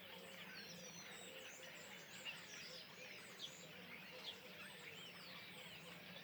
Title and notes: Le Louroux, Loches, Indre-et-Loire, Centre-Val de Loire, France métropolitaine, 37240, France - étourneaux sansonnet dans les arbres. Nuée d'étourneaux posés dans un arbre aux abords de l'étang du louroux